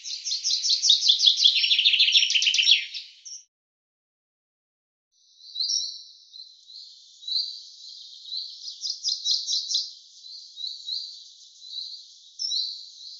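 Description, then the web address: Common chaffinch song: a loud, fast rattling trill running down the scale for about three seconds, then quieter thin whistled notes and softer twittering phrases after a pause. "Deverinetal 2025 File cleaned normalized Bird Fr Co"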